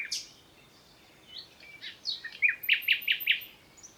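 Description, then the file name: Common nightingale song: soft scattered notes building into a short series of loud, evenly spaced piping notes. "Luscinia megarhynchos"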